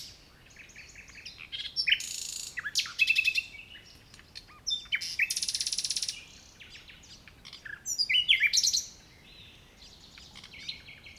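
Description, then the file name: Common nightingale song: varied phrases of rapid repeated notes, buzzy trills and sharp whistles in bursts separated by short pauses. "Luscinia megarhynchos"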